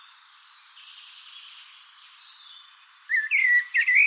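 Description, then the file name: Common blackbird giving a short burst of thin, squeaky whistled notes at the end, after several seconds of faint hiss. "Turdus merula"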